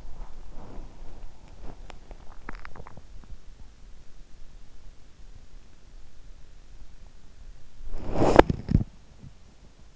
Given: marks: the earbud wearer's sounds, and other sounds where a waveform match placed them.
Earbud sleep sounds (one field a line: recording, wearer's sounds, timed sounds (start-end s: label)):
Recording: sounds in sleep by an in-ear microphone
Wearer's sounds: body movement, teeth grinding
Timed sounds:
0.00-1.87 s: body movement
2.03-3.26 s: teeth grinding
7.88-8.92 s: body movement